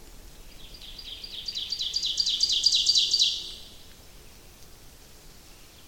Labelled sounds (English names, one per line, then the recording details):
Ovenbird song
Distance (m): 15 m
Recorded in boreal forest in Alberta, Canada, on 28 May 2016 at 07:22
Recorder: SongMeter 3, array SBT-3-49
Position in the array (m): 35 m, 192 m
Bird 15